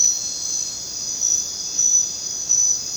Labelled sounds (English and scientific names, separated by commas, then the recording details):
none
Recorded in dense forest near Puerto Asís, Putumayo, Colombia, on 19 June 2025 at 21:00
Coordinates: 0.484, -76.317
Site G045